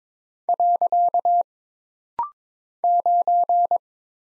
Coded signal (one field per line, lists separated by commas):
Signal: Morse code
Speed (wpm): 22 wpm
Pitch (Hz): 700 Hz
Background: none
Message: . 9